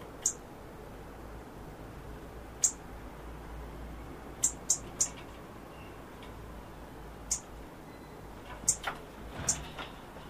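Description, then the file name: European robin giving thin, high tick calls, spaced irregularly and sometimes paired, with constant low hiss behind. "Erithacus rubecula"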